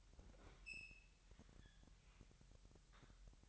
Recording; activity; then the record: daily activity, microphone in the room; open fridge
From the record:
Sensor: 3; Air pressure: 1001.9 hPa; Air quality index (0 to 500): 245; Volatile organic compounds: 50 ppm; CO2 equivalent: 3297 ppm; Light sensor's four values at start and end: 12/36/16/13 and 12/36/16/13